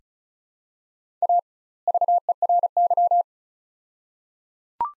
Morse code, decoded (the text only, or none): A VERY